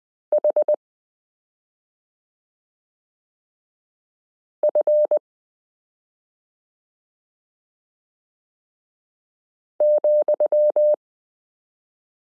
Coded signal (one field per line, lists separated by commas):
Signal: Morse code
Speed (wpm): 20 wpm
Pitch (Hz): 600 Hz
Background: none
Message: HF,